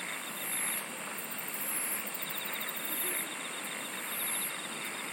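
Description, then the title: Insects calling: short bursts of very high chirping recur roughly every second above a constant whining drone and soft hiss. "SINGING OF INSECTS"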